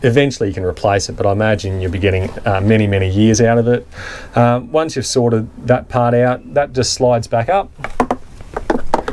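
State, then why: Seated. Someone talks while the dust filter element is slid back up into its plastic housing on the Dometic caravan dust reduction system and pushed until it latches. A few sharp clicks follow near the end, and the filter seats with a click at 8.9 s.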